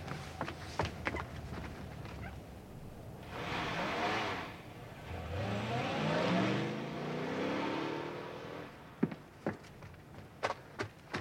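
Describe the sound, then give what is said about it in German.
A car engine rumbles and revs up, its pitch climbing as the vehicle accelerates away, with scattered sharp clicks and knocks before and after. “Ich habe meinen Wagen um die Ecke stehen.”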